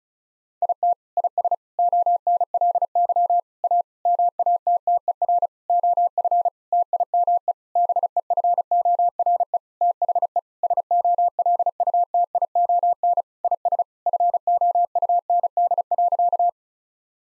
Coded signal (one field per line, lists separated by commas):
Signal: Morse code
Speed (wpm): 36 wpm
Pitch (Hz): 700 Hz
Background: none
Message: IT IS ONLY A MATTER OF TIME BEFORE THE SOLUTION IS FOUND.